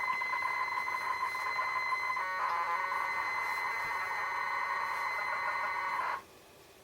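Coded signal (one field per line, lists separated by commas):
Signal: ZX Spectrum tape loading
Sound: steady high pilot tone for two seconds, then harsh buzzing data screech, abrupt stop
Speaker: There we go. Invasion of the Cloud People. That's a picture I created in multi-paint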